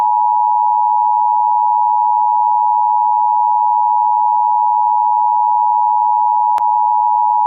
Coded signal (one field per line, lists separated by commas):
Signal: Emergency Alert System (SAME) tones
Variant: 853 and 960 Hz attention tone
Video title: Outrageous EAS - Incoming Pt 2